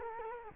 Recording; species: mosquito wingbeat signal from an infrared sensor; Culex quinquefasciatus